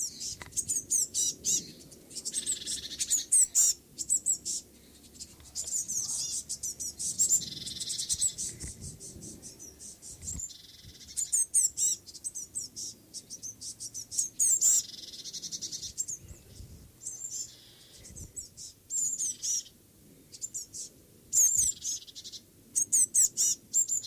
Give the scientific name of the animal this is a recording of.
Cyanistes caeruleus